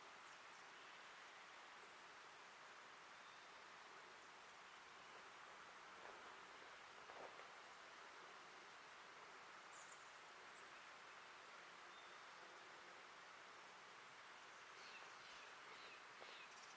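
A steady, even hiss of forest ambience fills the Ancient Forest Preserve, with faint high chirps near ten seconds and again toward the end.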